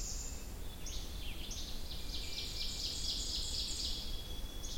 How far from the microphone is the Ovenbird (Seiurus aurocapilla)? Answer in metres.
about 50 m